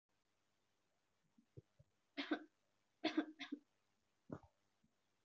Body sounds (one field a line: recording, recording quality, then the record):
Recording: heavy voluntary cough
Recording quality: excellent, no background noise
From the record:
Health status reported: healthy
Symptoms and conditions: none ticked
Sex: female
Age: 27 years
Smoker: not ticked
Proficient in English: yes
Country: India